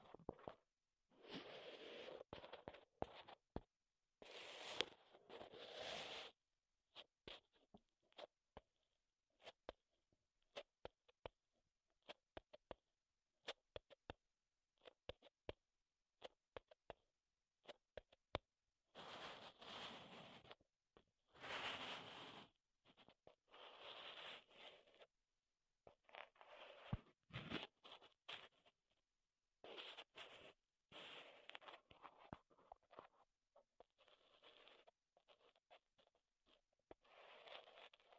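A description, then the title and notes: Wooden objects are scraped, rubbed and tapped in short bursts, each lasting a second or two, separated by quiet gaps. The rasping strokes sound gritty and fairly bright, and sharp little clicks and knocks punctuate them irregularly throughout. ASMR Wood Triggers in Your Ears (No Talking).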